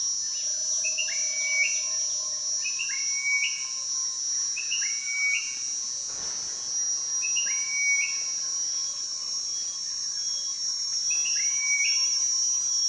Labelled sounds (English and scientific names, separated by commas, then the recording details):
Gray-green Bushshrike (Telophorus bocagei)
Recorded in Kibale, Uganda